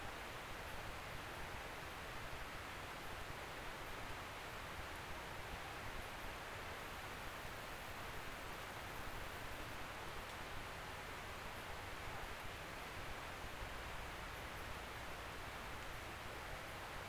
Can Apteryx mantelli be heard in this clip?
no